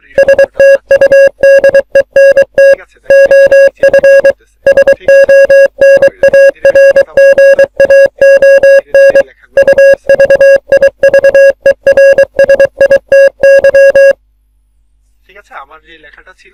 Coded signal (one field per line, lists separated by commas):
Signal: Morse code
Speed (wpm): 23 wpm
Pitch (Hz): 550 Hz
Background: speech, music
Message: STUDENT OF SONARGAON UVIVERSITY